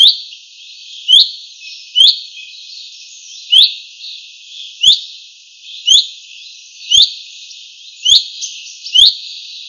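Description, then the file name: Common chaffinch calls: short, sharp upswept notes repeated roughly once a second, nine in all, over a steady soft hiss. "Fringilla coelebs"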